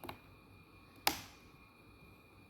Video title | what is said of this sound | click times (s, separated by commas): Laptop Gaming HP Pavillion Model CX -------- cara membuka casing dan memasang RAM. | it just snaps right in | 1.1 s